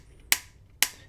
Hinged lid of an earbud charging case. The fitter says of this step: this is a little top heavy but it has such a satisfying click but it definitely does want to stay closed